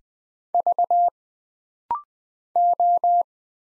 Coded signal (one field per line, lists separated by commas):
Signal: Morse code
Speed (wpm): 20 wpm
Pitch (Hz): 700 Hz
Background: none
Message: V O